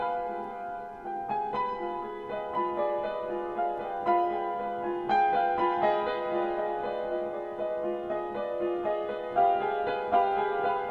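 An old piano plays a slow, sustained passage, notes struck every second or so and left ringing into each other. The chords sit in the middle register with little bass, holding a steady, even level, with slightly stronger strikes near five and ten seconds.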